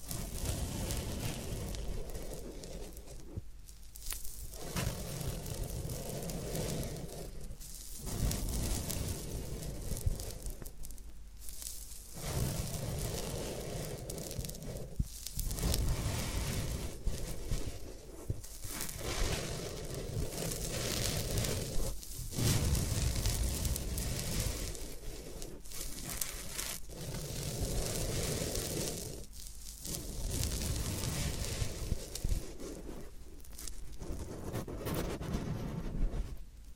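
Floral foam being pressed and crumbled, a dense crackling crunch in long stretches broken by brief pauses roughly every three to four seconds.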